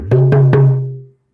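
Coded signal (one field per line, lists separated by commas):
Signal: talking drum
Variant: Akan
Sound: three quick resonant drum strokes on a low humming pitch that slowly fades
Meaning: Let's play: the master drummer calls the bell player to join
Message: Mahome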